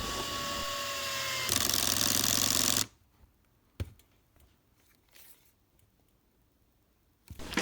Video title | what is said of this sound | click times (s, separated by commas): Makita DDF083 – 40 Нм в кармане. Лучший второй инструмент? | l'embrayage s'enclenche plus tôt. Déjà sur une vis 3x10, | 1.6 s, 1.7 s, 1.9 s, 2.0 s, 2.1 s